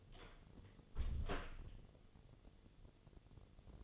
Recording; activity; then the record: daily activity, microphone in the room; close door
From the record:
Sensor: 4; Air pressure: 1016.0 hPa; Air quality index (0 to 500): 202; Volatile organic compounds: 11 ppm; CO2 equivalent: 2308 ppm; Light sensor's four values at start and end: 9/20/8/7 and 9/20/8/7